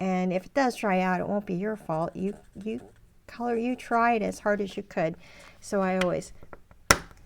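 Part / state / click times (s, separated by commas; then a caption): plastic cap onto a coloring marker / seated / 6.9 s. Someone talks while a plastic cap is pressed back onto an alcohol coloring marker after colouring, so the marker does not dry out. A few faint ticks lead up to one sharp snap at 6.9 s as the cap snaps shut and seats.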